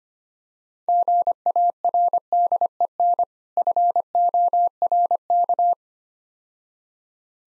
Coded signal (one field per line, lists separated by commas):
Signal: Morse code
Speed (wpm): 26 wpm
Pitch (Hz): 700 Hz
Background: none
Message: GARDEN FORK